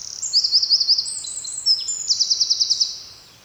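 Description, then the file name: Eurasian wren singing a short, loud phrase of evenly spaced high notes, a brief twitter, then a fast ringing trill that fades out. "Troglodytes troglodytes"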